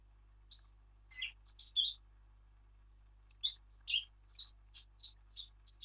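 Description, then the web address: Eurasian blackcap giving a few short, high notes, a pause, then a longer run of varied warbling notes; the background is still. "birdsong Sylvia atricapilla"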